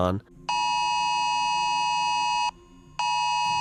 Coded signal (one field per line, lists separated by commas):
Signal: Emergency Alert System (SAME) tones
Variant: 853 and 960 Hz attention tone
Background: speech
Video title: European Reacts to Emergency Alert Systems (EAS) are Scary